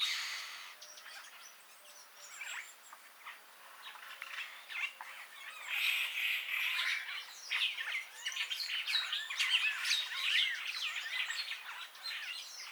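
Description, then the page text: Purple starling chatter that opens with a brief loud burst, turns quiet and sparse, then swells after about five seconds into a loud, rapid jumble of squawks and whistled chirps. "Bram Piot - Пурпурный скворец (Lamprotornis purpureus)"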